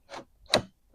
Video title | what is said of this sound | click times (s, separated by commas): NEW HTVRONT TUMBLER PRESS A200 - SUBLIMATION TUMBLERS FOR BEGINNERS - 20oz SKINNY TUMBLERS | And then you want to push it all the way in and hear that click. Okay. | 0.5 s